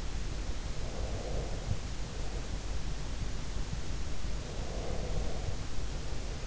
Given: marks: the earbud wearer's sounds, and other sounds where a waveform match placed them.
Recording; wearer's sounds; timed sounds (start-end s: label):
sounds in sleep by an in-ear microphone; breath
0.76-2.45 s: breath
4.59-6.47 s: breath